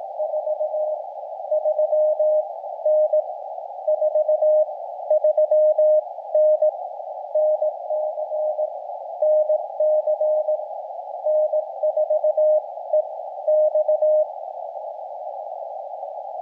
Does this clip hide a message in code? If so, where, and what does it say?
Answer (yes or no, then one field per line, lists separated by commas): yes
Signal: Morse code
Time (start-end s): 0.2-14.2 s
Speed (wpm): 18 wpm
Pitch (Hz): 610 Hz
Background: radio noise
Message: 43N 43N NC NC N4EX